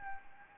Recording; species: mosquito wingbeat signal from an infrared sensor; Anopheles gambiae